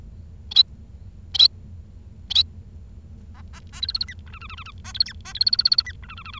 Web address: nccratliri vad-multi-species. bengalese finch